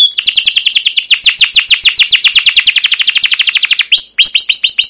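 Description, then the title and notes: Canary song with a fast run of repeated downward-swept chirps, a brief pause, then a high whistled note and more quick sweeping notes. Caged canary; song recording used as a lure and tutor so young canaries learn to sing; long continuous 'cuit cuit' chirping style called 'ngerol' and 'gacor'. "CUIT CUIT NGEROL LANGSUNG GACOR PANJANG Kenari Ini AMPUH Utk Pancingan KENAR. PANCINGAN Kenari GACOR PANJANG Cuit CUIT EMOSI ini AMPUH utk MASTERAN Kenari PAUD belajar BUNYI. burung kenari"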